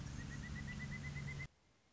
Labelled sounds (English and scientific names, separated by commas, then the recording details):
Pileated Woodpecker (Dryocopus pileatus)
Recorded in Sonoma County, California